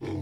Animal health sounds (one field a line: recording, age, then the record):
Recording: pig call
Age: weaner (32 to 43 days)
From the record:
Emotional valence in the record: positive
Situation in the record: positive conditioning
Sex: female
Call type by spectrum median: low-frequency call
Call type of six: low-frequency stable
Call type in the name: low-frequency stable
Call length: 0.22 s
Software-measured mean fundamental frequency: 47 Hz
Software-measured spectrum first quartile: 135 Hz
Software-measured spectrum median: 289 Hz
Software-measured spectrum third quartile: 452 Hz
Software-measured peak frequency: 320 Hz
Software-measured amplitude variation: 89 dB a second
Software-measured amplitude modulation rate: 16.2 a second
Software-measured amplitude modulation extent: 5.5 dB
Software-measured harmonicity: -0.2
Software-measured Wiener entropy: -0.34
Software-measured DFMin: 497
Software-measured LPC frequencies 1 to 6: 344, 2280, 3324, 3930, 4760, 5395 Hz